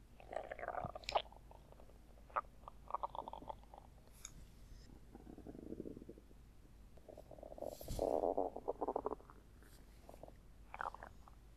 Tummy grumble.